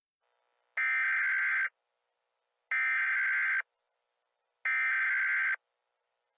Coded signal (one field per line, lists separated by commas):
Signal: Emergency Alert System (SAME) tones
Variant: header bursts